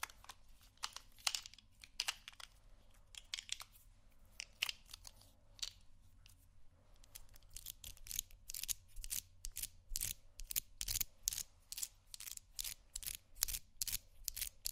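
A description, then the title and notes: Someone rummages through a makeup bag, with quick crisp clicks, rustles and taps that come sparse at first, then dense and rapid after eight seconds. ASMR Rummaging Through My Makeup Bag （No Talking）.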